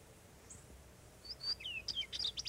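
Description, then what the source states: Orchard oriole song, a quick jumble of high whistled and slurred notes. Nests in the northern third of Florida; song described as melodious and extended, complex, with a variety of notes.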